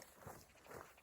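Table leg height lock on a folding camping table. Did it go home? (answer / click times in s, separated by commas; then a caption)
no / none. A foot rests on the leg bar of a folding camping table while the adjustable tabletop is pulled up toward its first height setting of about 23 inches. Soft handling and shuffling sounds are heard, with two brief knocks near 0.0 and 0.8 seconds. Nothing has clicked or locked into place yet.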